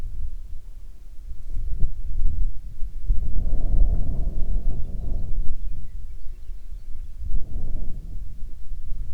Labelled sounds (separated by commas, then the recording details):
wind, insects
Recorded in the Prudhoe Bay oil fields, Alaska, on 9 June 2019 at 16:53
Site 21